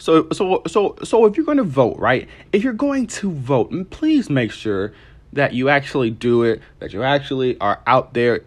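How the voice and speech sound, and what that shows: Adult man repeats "so" four times, then repeats whole phrases ("if you're going to vote," "that you actually") with brief holds and pauses, showing adult stuttering.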